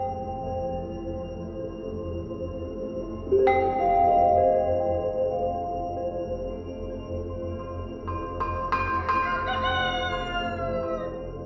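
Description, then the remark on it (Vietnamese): Two long rooster crows at dawn ring out one after another, each a loud, drawn-out call that rises and then trails off, over a steady low background hum. “Tiếng gà gáy sáng báo hiệu cho một ngày mới bắt đầu.”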